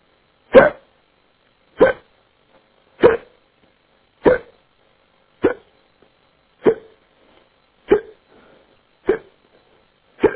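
Nine short, sharp hiccups from an adult man, evenly spaced at about 48 per minute, heard over a phone message.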